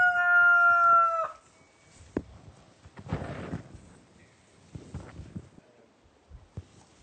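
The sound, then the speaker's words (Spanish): A rooster crows loudly at the start, a strained, harmonic call that cuts off after about a second, followed by quiet rustling and a few soft knocks. “Bueno, con el permiso del gallo vamos a intentar explicar este sistema de entutoramiento.”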